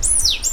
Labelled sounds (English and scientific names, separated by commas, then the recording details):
Stitchbird (Notiomystis cincta) song
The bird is a male
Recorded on Tiritiri Matangi Island, New Zealand, in 2005
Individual 2, of nest box 2